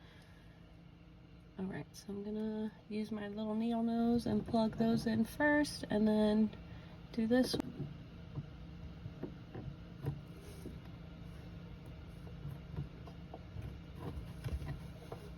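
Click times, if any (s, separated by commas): none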